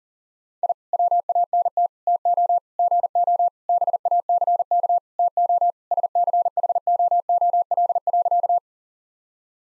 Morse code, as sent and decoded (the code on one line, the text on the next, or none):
.. / .-- .- -. - / - --- / --. --- / -... .- -.-. -.- / - --- / ... -.-. .... --- --- .-.. .-.-.-
I WANT TO GO BACK TO SCHOOL.